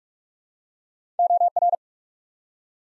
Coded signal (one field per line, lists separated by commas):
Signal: Morse code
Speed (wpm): 46 wpm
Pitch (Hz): 700 Hz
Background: none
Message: OR